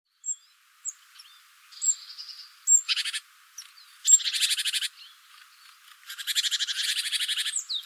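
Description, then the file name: Great tit calls: a few thin high pips and whistles, then harsh buzzy churring rattles, the last running for over a second. "Parus major"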